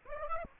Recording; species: mosquito wingbeat signal from an infrared sensor; Aedes aegypti